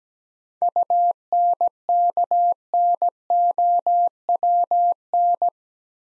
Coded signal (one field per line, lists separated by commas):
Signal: Morse code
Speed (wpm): 17 wpm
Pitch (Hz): 700 Hz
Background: none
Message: UNKNOWN